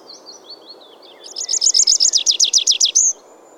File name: Ruud van Beusekom - Lesnoj konyok Anthus trivialis